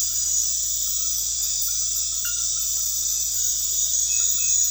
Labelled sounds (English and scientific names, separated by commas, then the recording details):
none
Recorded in pastures near Puerto Asís, Putumayo, Colombia, on 4 March 2025 at 23:00
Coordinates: 0.502, -76.324
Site GP07